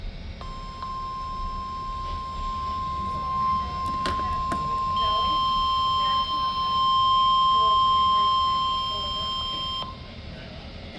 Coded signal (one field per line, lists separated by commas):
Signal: Emergency Alert System (SAME) tones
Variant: 1050 Hz attention tone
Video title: NWS Ruskin Weekly Test (3/25/26) (New EAS 990)